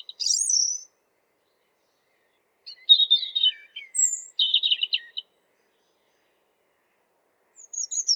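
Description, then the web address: European robin song in short high phrases of scratchy twittered trills and thin squeaky notes, broken by pauses. "geluiden roodborst zang"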